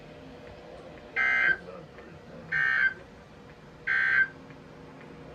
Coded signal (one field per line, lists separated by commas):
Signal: Emergency Alert System (SAME) tones